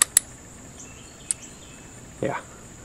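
A smaller-style male air plug is pushed into a high-flow quick-connect coupler, making sharp metallic ticks at about 0.0, 0.2 and 1.3 seconds and a brief scraping rustle around 2.2 to 2.4 seconds over a steady high hiss. The plug tries and almost locks but won't latch and pulls back out, so nothing has seated or clicked yet.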